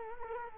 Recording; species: mosquito wingbeat signal from an infrared sensor; Culex quinquefasciatus